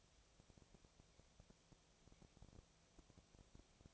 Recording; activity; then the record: daily activity, microphone in the room; no activity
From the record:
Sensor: 1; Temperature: 19.6 degrees Celsius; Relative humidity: 36.5%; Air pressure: 996.9 hPa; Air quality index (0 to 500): 204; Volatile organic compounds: 128 ppm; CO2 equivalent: 3916 ppm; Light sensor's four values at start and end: 1/2/1/1 and 1/2/1/1